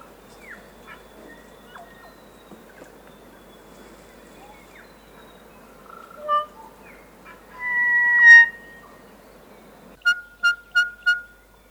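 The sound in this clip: Kokako song: soft scattered notes, a short mellow note, then a long, full, slightly rising organ-like tone, followed by four evenly spaced ringing notes about a third of a second apart.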